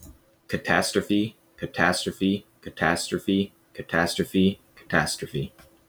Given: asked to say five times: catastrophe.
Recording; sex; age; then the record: repeated word; male; 20 to 29 years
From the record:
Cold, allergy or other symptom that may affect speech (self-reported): no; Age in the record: 24 years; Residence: Texas, United States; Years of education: 16